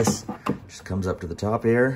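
A plastic trim panel on a Tesla Model 3 is being handled during a coolant top-off, on its way back into its mounting clips while someone talks. The panel has not seated or clicked into place yet.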